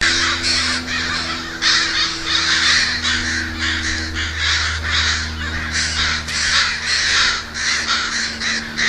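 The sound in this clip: Crows cawing in a dense, continuous chorus of harsh, overlapping caws, with a steady low hum running underneath the whole time.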